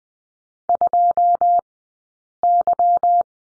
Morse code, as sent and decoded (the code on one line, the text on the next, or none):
..--- -.--
2Y